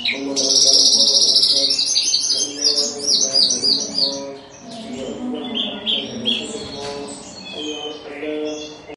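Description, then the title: Horsfield's bush lark singing a rapid, varied stream of high chirps, buzzes and trills, loudest in the opening seconds, over faint steady low tones. Situbondo, East Java, Indonesia. "Branjangan Javanica Ktp Situbondo Jatim"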